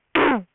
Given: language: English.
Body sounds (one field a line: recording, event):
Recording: throat vibration sensor signal played as sound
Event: throat clearing